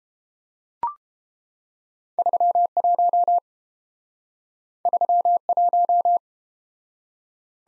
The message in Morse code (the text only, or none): 31 31